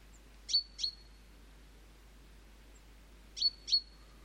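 Great tit giving two pairs of clipped, high-pitched ringing notes separated by a silent gap of about two and a half seconds.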